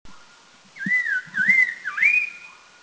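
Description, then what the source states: Red-faced Liocichla giving a clear whistled phrase of three wavering notes, each dipping then rising, the last ending on a sustained higher whistle. Recorded at Doi Lang, northern Thailand.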